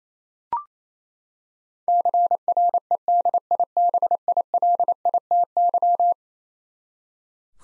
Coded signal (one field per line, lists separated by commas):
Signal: Morse code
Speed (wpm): 27 wpm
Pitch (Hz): 700 Hz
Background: none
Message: CREDIBILITY